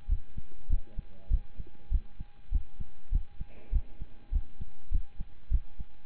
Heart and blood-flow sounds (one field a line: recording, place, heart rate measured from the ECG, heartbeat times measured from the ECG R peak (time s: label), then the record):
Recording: heart sounds by stethoscope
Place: between the tricuspid and mitral areas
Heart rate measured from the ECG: 100 bpm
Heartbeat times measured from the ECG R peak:
0.08 s: heartbeat
0.69 s: heartbeat
1.30 s: heartbeat
1.91 s: heartbeat
2.51 s: heartbeat
3.11 s: heartbeat
3.72 s: heartbeat
4.32 s: heartbeat
4.91 s: heartbeat
5.50 s: heartbeat
From the record:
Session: pedaling a stationary bicycle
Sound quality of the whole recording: partially saturated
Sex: male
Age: 27 years